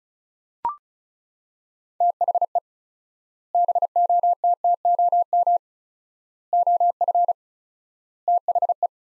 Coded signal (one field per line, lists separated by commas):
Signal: Morse code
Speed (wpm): 36 wpm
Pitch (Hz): 700 Hz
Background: none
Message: THE BOTTOM OF THE